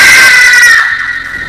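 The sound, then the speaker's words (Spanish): A single loud, high-pitched scream holds a strained, wavering pitch for most of a second, then trails off into a fainter, breathy tail with no talking over it. “¿Dónde fue el grito?”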